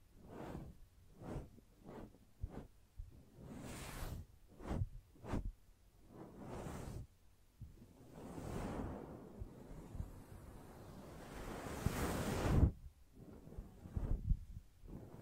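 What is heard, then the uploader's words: Gentle brushing in soft, regular swishes for the first seven seconds, then longer, fuller sweeps with a sharp click near twelve seconds. ASMR Gently Brushing Your Brain (No Talking).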